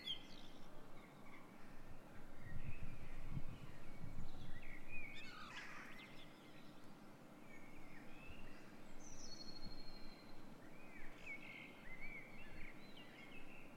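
A dawn chorus of birds: scattered chirps, short whistles and trills sound over a steady low rumble that fills the whole clip. A louder, harsher call cuts in around the middle, and a clear drawn-out whistle follows near ten seconds.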